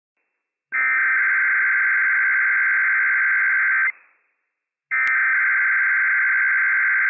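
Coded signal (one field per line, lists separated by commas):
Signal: Emergency Alert System (SAME) tones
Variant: header bursts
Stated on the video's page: Required Weekly Test issued by a sheriff's office on NOAA Weather Radio for Idaho, Montana and Washington counties; operational EAS tones.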